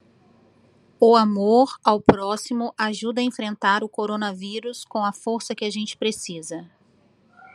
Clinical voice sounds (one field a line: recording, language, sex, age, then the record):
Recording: spoken sentence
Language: Brazilian Portuguese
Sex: female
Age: 40 to 49 years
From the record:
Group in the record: control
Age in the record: 42 years